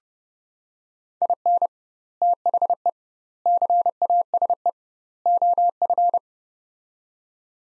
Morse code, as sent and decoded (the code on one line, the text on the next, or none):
.. -. / - .... . / -.-. .- ... . / --- ..-.
IN THE CASE OF